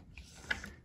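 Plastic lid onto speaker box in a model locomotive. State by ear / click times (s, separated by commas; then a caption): not seated / none. A plastic lid is pushed onto a small speaker enclosure inside a model locomotive, making three short, faint plastic taps at about 0.2, 0.5 and 0.6 seconds, with the loudest at 0.5 seconds. The lid does not click into place, so nothing has seated yet, and it is later held on with masking tape.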